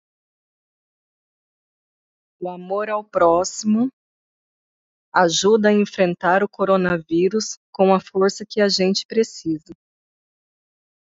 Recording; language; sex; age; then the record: spoken sentence; Brazilian Portuguese; female; 40 to 49 years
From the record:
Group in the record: control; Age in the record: 41 years